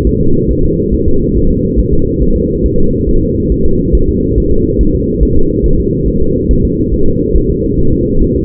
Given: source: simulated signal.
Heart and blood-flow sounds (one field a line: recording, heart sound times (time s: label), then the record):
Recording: fetal heart sounds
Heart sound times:
0.07 s: S1
0.21 s: S2
0.51 s: S1
0.65 s: S2
0.94 s: S1
1.08 s: S2
1.37 s: S1
1.51 s: S2
1.79 s: S1
1.94 s: S2
2.22 s: S1
2.37 s: S2
2.66 s: S1
2.80 s: S2
3.09 s: S1
3.23 s: S2
3.52 s: S1
3.66 s: S2
3.95 s: S1
4.09 s: S2
4.38 s: S1
4.52 s: S2
4.81 s: S1
4.95 s: S2
5.23 s: S1
5.37 s: S2
5.66 s: S1
5.80 s: S2
6.08 s: S1
6.22 s: S2
6.51 s: S1
6.65 s: S2
6.94 s: S1
7.08 s: S2
7.36 s: S1
7.50 s: S2
7.79 s: S1
7.93 s: S2
8.22 s: S1
8.36 s: S2
From the record:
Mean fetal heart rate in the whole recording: 140 bpm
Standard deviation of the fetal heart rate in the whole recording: 2 bpm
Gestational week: 34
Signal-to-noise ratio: -17.7 dB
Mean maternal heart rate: 72 bpm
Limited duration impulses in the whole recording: present